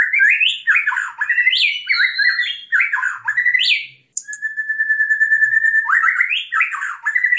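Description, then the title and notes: White-rumped shama song: rich, rapid warbled phrases with sweeping slurred notes, a long steady whistle in the middle, then more fast varied phrases. Champion bird; described as having a melodious voice. "Murai Juara. Suara burung murai merdu"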